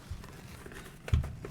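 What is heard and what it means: The decorative front valance cover of a Boolegon blackout roller shade, with an aluminum top, plastic ends and a lip, is positioned up against the front of the shade's mounting brackets to be tapped over them. Low handling noise is broken by brief light knocks around 1.1 s and 1.45 s. Nothing has seated or snapped on yet.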